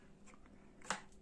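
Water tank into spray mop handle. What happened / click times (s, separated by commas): The plastic tank snapped into its slot / 0.9 s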